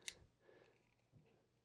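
A small plastic detail piece, the second one, is pressed into its slots on a half-scale model helmet part. A single short, sharp pop sounds at 0.1 s, followed by faint handling noise. The piece is seated in place.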